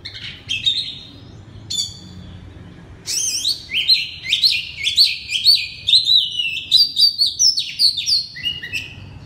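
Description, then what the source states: Oriental magpie-robin delivering loud, sweet whistled song, a few notes at first, then a fast continuous stream of rising and falling phrases. Loud song in the 'ngeplong' style of the kacer.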